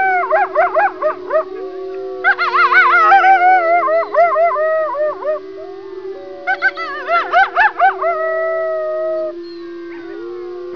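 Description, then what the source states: Coyotes howling in chorus: wavering, quavering yips and howls overlap in bursts, rising and falling, over a long steady low tone held throughout. Chorus howling by several coyotes.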